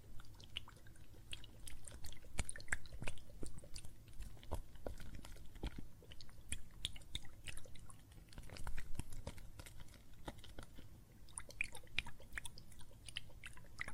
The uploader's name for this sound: Water and Soap Foam Sounds